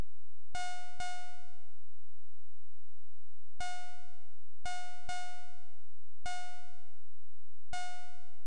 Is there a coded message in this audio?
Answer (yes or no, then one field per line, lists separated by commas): no